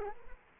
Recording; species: mosquito wingbeat signal from an infrared sensor; Culex quinquefasciatus